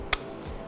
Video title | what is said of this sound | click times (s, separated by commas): PolarStar JACK Airsoft HPA Install - AirSplat on Demand | and it'll click right into place and | 0.1 s